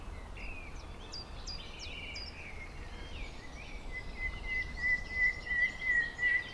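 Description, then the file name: Common nightingale song: a few quick high downslurred whistles, then a long, pure, sustained whistle held steady for several seconds, with a low rumbling background. "Luscinia megarhynchos"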